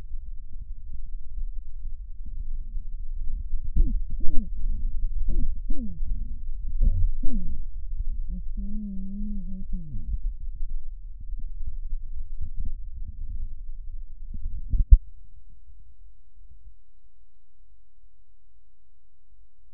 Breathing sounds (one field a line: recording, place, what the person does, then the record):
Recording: lung sounds by stethoscope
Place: left anterior apical chest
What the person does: quiet breathing, then cough and speech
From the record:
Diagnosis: interstitial lung disease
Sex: female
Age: 74 years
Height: 150 cm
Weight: 69.8 kg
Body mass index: 31.0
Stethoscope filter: bell mode